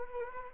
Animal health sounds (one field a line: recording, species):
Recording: mosquito wingbeat signal from an infrared sensor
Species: Anopheles arabiensis